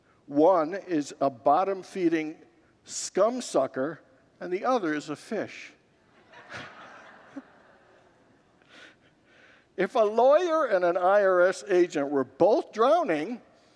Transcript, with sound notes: One is a bottom-feeding scum sucker, and the other is a fish. [Congregants laugh] If a lawyer and an IRS agent were both drowning,